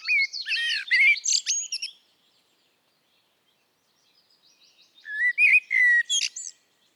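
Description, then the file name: Common blackbird song with two phrases, each starting with fluty warbles and closing in squeaky high twittering, separated by a gap of about three seconds. "Turdus merula"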